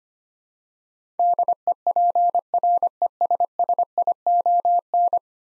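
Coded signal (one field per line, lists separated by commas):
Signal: Morse code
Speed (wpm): 25 wpm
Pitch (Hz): 700 Hz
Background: none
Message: DEPRESSION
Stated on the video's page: Morse practice drill of 10-letter words at 25 wpm, each word sent twice.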